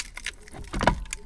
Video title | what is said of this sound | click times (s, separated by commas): Our Caravan Security | then locks into place and that's now locked | 1.1 s